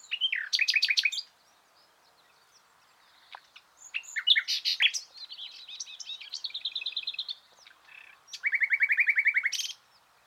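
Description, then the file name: Common nightingale song: rich varied phrases with fast rattling trills, sweet whistles and a long repeated note series near the end, separated by short pauses. "Luscinia megarhynchos"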